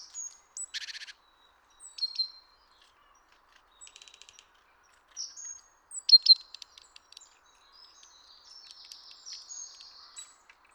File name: Parus major